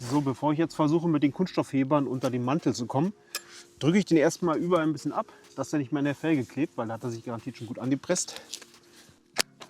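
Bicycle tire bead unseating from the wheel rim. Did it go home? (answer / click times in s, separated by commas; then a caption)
released / 9.4 s, 9.6 s. Someone talks while pressing a rear bicycle tire down by hand all around the wheel, freeing its rubber bead from the metal rim before using plastic tire levers because it is pressed on hard. Two sharp clicks at 9.4 s and 9.6 s mark the bead releasing from the rim.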